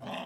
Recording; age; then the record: pig call; piglet (1 to 25 days)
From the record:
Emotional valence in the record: negative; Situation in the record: long isolation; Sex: female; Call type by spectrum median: low-frequency call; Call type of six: low-frequency modulated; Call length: 0.27 s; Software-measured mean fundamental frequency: 64 Hz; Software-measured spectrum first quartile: 518 Hz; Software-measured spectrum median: 952 Hz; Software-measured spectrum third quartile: 2325 Hz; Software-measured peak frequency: 663 Hz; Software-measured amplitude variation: 102 dB a second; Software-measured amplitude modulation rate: 20.6 a second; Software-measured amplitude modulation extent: 5.0 dB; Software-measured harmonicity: 0.5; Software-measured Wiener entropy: -1.70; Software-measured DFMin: 813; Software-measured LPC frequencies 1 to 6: 760, 1809, 2711, 3291, 5213, 5716 Hz